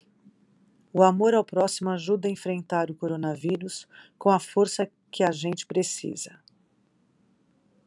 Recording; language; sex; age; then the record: spoken sentence; Brazilian Portuguese; female; 60 to 69 years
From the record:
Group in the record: control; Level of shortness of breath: 0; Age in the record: 60 years